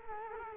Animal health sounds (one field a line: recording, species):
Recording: mosquito wingbeat signal from an infrared sensor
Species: Culex quinquefasciatus